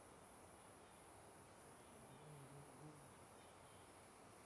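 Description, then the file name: Cricket giving high, evenly spaced chirps over a dense, noisy background, with a few brief low tonal notes near the middle. At the start of a trail, alongside a river. "Trilha Simao Correa Beirando o Rio com Grilos e Cigarras"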